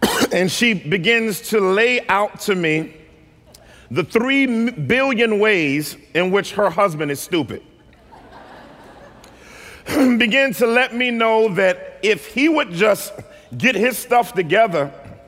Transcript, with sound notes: and she begins to lay out to me the three billion ways in which her husband is stupid. (laughter) She begins to let me know that if he would just get his stuff together,